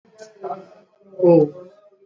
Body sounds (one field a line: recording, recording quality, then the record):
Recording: sustained vowel as in boot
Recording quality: moderate, slight background noise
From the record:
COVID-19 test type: RT-PCR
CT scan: not taken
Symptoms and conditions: cough, cold, sore throat, fever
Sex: male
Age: 26 years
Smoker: no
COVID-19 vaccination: both doses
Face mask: worn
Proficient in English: yes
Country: India